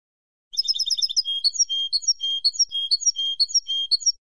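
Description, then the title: European goldfinch song: quick jingling trill opening into a varied run of liquid, slurred whistles and twitters, steady for over three seconds, nothing else audible. "Jilguero"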